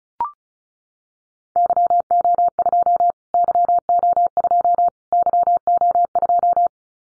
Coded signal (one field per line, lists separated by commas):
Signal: Morse code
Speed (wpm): 34 wpm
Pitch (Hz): 700 Hz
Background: none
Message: YO2 YO2 YO2